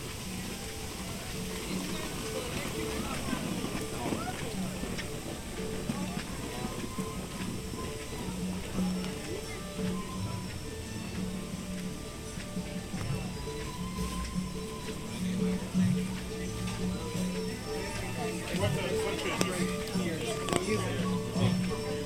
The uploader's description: take a walk through Animal Kingdom park in Walt Disney World